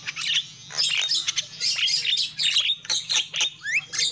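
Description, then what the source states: Lovebird chatter of sharp, high twittering notes in short clusters, one clear upward-sweeping squeak near the end, low hum behind. Lovebird calls used as a lure for trapping.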